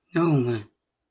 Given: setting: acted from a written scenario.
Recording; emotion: vocal sound without words; realization